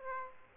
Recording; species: mosquito wingbeat signal from an infrared sensor; Aedes aegypti